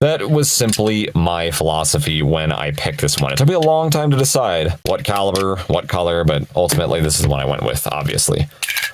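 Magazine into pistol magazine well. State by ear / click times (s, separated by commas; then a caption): not seated / none. A steel magazine is handled at the magazine well of an RIA Rock Ultra FS 10mm (51991) pistol while someone talks throughout. The clip ends before the magazine goes home, so nothing has seated or clicked yet.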